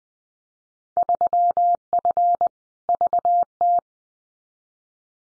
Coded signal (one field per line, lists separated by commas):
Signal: Morse code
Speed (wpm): 20 wpm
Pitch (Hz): 700 Hz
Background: none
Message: 3F VT